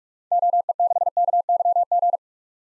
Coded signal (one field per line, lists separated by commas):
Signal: Morse code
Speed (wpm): 46 wpm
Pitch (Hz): 700 Hz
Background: none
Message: OE6KYG